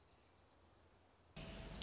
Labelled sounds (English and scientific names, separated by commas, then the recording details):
Dark-eyed Junco (Junco hyemalis)
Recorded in Sonoma County, California